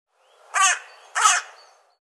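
Bird gives two short, hoarse, buzzy calls in quick succession, roughly two-thirds of a second apart.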